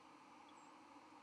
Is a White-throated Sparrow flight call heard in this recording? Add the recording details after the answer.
no. Another species' flight call is heard. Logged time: 07:32 on 31 October 2014